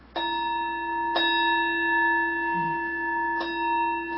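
A temple bell is struck three times in the Buddhist ritual pattern, two strikes in quick succession and then a third after a longer pause, each blow sustaining a loud, steady ringing tone.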